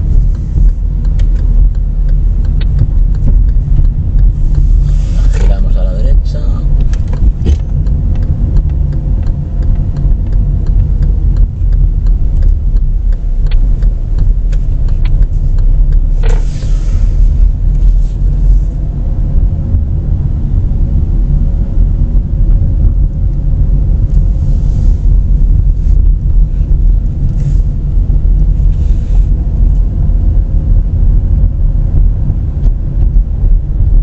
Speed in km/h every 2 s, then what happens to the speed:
20, 18, 22, 24, 24, 21, 13, 11, 21, 26, 25, 24, 22, 19, 20, 26, 26.
0-9 steady at about 22. 9-12 brakes to 13. 14-18 speeds up to 26. 18-27 slows to 19. 27-34 speeds up to 26.